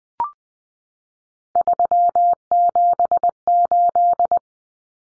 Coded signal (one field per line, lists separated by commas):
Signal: Morse code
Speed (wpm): 20 wpm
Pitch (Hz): 700 Hz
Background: none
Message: 378